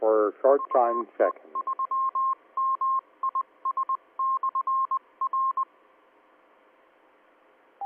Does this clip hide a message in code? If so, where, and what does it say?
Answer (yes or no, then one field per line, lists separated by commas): yes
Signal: Morse code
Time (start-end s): 0.5-5.6 s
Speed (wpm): 20 wpm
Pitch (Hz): 1060 Hz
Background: speech, radio noise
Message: VE3MIS/R